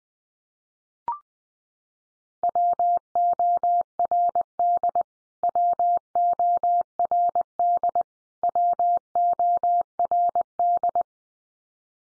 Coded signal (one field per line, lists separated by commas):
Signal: Morse code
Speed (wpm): 20 wpm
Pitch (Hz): 700 Hz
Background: none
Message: WORD WORD WORD